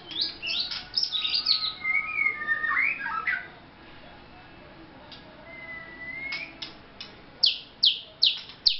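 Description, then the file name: White-rumped shama song: rich whistled and warbled phrases sweeping up and down, a brief quieter pause, then a series of sharp, clear repeated notes. Vietnam. "shama vietnam omkicau"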